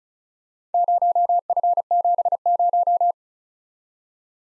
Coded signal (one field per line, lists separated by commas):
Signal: Morse code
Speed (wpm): 36 wpm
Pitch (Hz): 700 Hz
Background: none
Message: 0F70